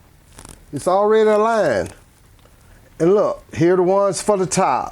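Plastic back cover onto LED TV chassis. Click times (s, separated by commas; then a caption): 0.4 s, 0.5 s. A screwless plastic back cover on a Samsung LED TV, already lined up on its aligning pegs, is pushed down on its outer edge so the clips snap into place. Sharp clicks at 0.4, 0.5 and 0.5 seconds mark the clips seating. Someone talks throughout.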